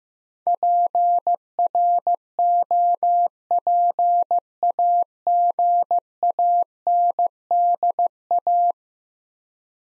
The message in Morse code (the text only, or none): PROPAGANDA